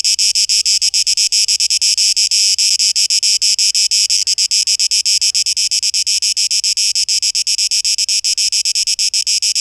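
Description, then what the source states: Cicadas singing in a dense, high-pitched rasping drone, broken into quick regular pulses from start to end. 12 August 2023; tape echo mix.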